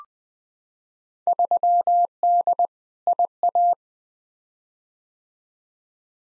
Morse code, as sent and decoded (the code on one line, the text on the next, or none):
...-- -.. / .. .-
3D IA